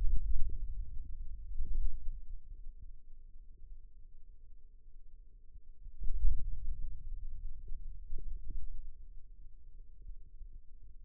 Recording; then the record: forearm muscle sounds (acoustic myography)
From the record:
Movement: hand opening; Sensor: system 2, bracelet of six BSWA MPA416 microphones around the upper forearm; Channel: 2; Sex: male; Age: 22 years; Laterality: right